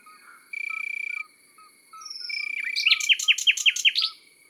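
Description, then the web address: Common nightingale song: a steady buzzing burst and a thin whistle, then a run of loud, evenly repeated sharp notes over a pulsed buzz. Countryside setting. "Rossignol philomele Chants doiseaux dans la campagne. album chants-doiseaux-dans-la-campagne"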